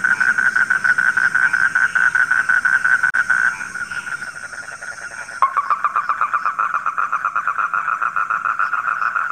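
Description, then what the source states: Frogs croaking in a dense chorus of rapid pulsed calls, with an abrupt shift to a slightly lower, more rattling chorus midway. Frogs calling at night.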